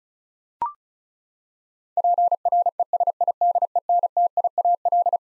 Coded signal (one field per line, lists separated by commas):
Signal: Morse code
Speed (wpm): 34 wpm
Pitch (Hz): 700 Hz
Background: none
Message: PRESIDENTIAL